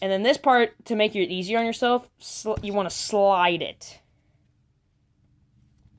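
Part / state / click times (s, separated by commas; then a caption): plastic sliding section of a transforming robot action figure / not seated / none. A plastic sliding section of a transforming robot action figure is being worked by hand, trying to get it to slide. Someone talks for about four seconds, followed by near silence with faint low handling noise. Nothing has seated or clicked yet.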